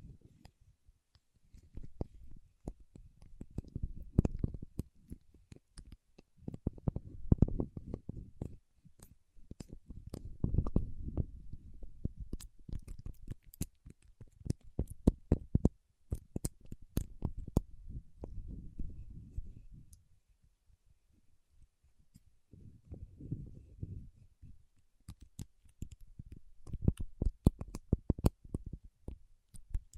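Paraffin wax being peeled, tapped and scratched in bursts of sharp crackling clicks and low scraping, separated by brief quiet gaps near 9, 20 and 25 seconds.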